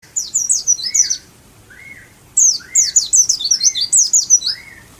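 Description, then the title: Oriental white-eye song: rapid bursts of high, thin twittering notes with short whistled slurs mixed in, a pause, then another fast chattering burst. Dakun-type bird from Malang, singing in the fast ngalas speed style. "Pleci dakun malang ngalas speed (Semut Merah)"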